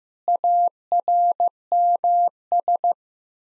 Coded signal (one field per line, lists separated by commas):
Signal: Morse code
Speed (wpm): 15 wpm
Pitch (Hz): 700 Hz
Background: none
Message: ARMS